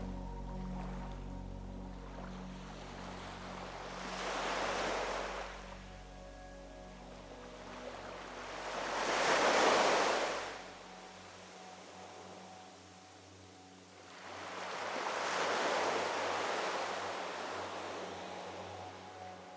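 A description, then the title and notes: Waves roll in and wash out in a slow rhythm, with three broad surges peaking near 5, 10 and 16 seconds, the middle one loudest. Between them a softer hiss lingers, and a faint low hum runs underneath through the first half. The sound of soothing waves.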